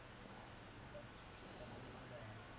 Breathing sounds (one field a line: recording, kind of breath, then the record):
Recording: one breath in and out by a microphone near the nose and mouth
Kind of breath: normal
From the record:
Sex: male